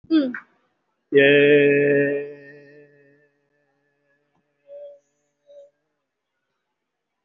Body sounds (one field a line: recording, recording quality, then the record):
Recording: sustained vowel as in made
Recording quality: moderate, slight background noise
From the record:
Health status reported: COVID-19 positive, mild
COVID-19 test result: positive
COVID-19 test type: RT-PCR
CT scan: not taken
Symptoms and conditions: fever, fatigue, muscle pain, pneumonia, diabetes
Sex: male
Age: 75 years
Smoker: no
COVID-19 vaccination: none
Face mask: not worn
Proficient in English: yes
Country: India